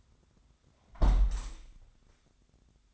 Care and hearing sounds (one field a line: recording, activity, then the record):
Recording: daily activity, microphone in the room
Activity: close window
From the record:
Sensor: 3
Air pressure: 1006.5 hPa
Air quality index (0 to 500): 208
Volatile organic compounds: 19 ppm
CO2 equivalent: 2655 ppm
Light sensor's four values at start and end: 11/25/10/10 and 10/24/10/10